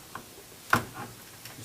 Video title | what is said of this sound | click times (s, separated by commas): IO PLUS MOTHERBOARD INSTALL part 2 | you can hear a click | 0.7 s